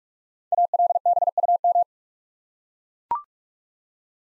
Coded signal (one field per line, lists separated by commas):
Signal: Morse code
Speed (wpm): 44 wpm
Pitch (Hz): 700 Hz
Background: none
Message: ALBUM